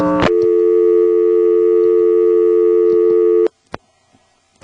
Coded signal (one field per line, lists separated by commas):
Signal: telephone call progress tone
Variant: North America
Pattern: dial tone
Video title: Carolina Telephone Part 4 - NX1-E in Vanceboro NC (March, 1977)